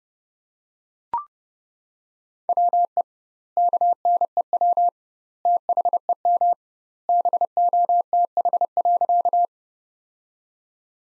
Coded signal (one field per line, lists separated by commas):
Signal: Morse code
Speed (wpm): 30 wpm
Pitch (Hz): 700 Hz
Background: none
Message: WE KNEW THEM BOTH.